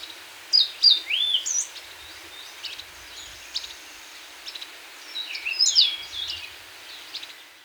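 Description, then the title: Black-crested warbler singing in short quick phrases of high slurred notes and downward sweeps, separated by gaps of a few seconds, over a steady hiss. "Myiothlypis Nigrocristata"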